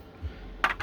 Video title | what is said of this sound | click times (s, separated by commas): Mazda Chronicles Part 6 - Great news and good tools | real nice clicks in | 0.6 s, 0.8 s